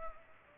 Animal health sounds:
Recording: mosquito wingbeat signal from an infrared sensor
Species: Culex pipiens

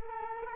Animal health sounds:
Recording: mosquito wingbeat signal from an infrared sensor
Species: Culex quinquefasciatus

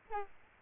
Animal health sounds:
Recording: mosquito wingbeat signal from an infrared sensor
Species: Aedes albopictus

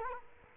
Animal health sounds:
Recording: mosquito wingbeat signal from an infrared sensor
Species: Culex quinquefasciatus

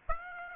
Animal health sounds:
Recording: mosquito wingbeat signal from an infrared sensor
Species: Aedes aegypti

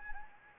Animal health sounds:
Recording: mosquito wingbeat signal from an infrared sensor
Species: Anopheles gambiae

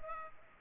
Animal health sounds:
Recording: mosquito wingbeat signal from an infrared sensor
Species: Culex pipiens

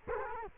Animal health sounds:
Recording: mosquito wingbeat signal from an infrared sensor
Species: Culex quinquefasciatus

